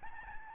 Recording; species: mosquito wingbeat signal from an infrared sensor; Aedes albopictus